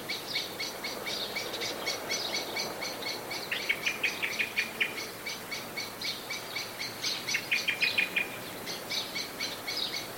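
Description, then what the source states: Blackbird chinking in persistent, hurried series, intensifying midway with rattled flourishes before a brief gap and a last run of sharp notes. Blackbird calling in a state of anxiety.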